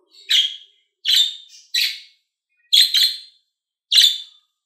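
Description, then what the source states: Lovebird calling with five loud, harsh chirps in quick succession, one doubled into a chattering pair, with quiet pauses between. Happy lovebird.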